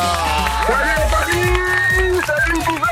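A crowd claps and cheers steadily over loud, bright music with sliding melodic tones, the applause a dense crackling wash that continues for the whole stretch without speech.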